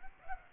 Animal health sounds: mosquito wingbeat signal from an infrared sensor; Aedes aegypti

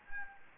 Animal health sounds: mosquito wingbeat signal from an infrared sensor; Anopheles gambiae

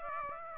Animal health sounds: mosquito wingbeat signal from an infrared sensor; Aedes aegypti

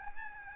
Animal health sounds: mosquito wingbeat signal from an infrared sensor; Aedes albopictus

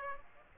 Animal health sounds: mosquito wingbeat signal from an infrared sensor; Aedes aegypti

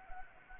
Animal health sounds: mosquito wingbeat signal from an infrared sensor; Anopheles gambiae

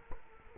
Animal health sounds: mosquito wingbeat signal from an infrared sensor; Culex quinquefasciatus

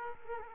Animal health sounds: mosquito wingbeat signal from an infrared sensor; Aedes aegypti

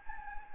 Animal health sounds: mosquito wingbeat signal from an infrared sensor; Anopheles gambiae

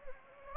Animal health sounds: mosquito wingbeat signal from an infrared sensor; Anopheles gambiae

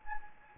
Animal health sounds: mosquito wingbeat signal from an infrared sensor; Anopheles gambiae

